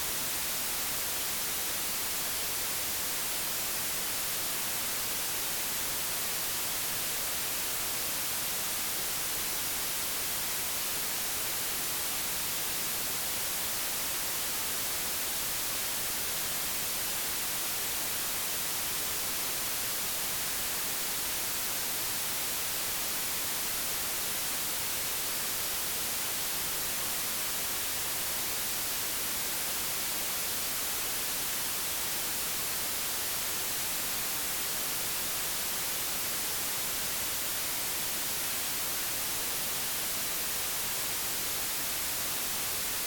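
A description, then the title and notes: Pure bright white noise hisses evenly for the whole clip, dense and unchanging, strongest in the high end with no other sounds. Pure Bright White Noise.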